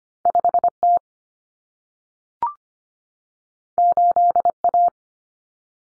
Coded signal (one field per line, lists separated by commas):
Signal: Morse code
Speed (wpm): 25 wpm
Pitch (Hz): 700 Hz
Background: none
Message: 5T 8A